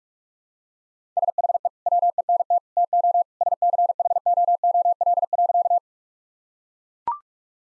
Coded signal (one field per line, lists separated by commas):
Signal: Morse code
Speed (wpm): 43 wpm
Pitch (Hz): 700 Hz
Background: none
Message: SHE WENT TO SCHOOL.